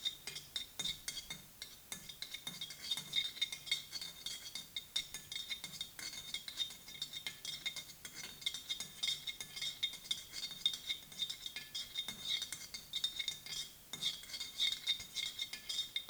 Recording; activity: daily activity, guitar pickup as the sensor; fry